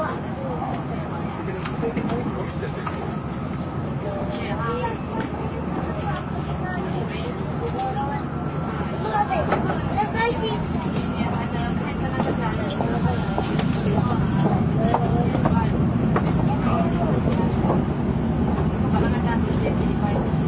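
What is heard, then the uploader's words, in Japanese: Inside a bullet train cabin: a steady, heavy low rumble fills the whole clip and grows slightly louder after the midpoint. Murmured voices come and go on top, and a thin, high whine holds for several seconds at a time. JRN700系 京都〜新横浜。ひかり530号に乗車し、録音しました。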